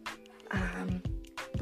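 A few soft, snuffly breath noises with a faint low buzzing hum come in quick succession over about a second and a half. These are cute little snores from a sleeping 4-month-old baby boy lying on his mother's chest, ordinary sleep breathing while she sits on a sofa in a quiet indoor room.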